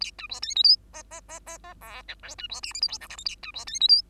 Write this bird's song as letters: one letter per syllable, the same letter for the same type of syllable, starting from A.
A B C D E F G G G G G H I J B C K L M N O P Q A B C D E F